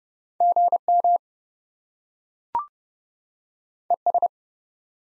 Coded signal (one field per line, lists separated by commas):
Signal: Morse code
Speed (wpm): 32 wpm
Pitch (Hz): 700 Hz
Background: none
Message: GM ES